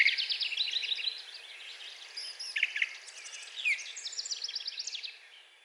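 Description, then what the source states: Brown Thrasher: songbird singing fast repeated rattling phrases and whistles, fading toward the end, over steady background hiss. Recorded 4 June 2020.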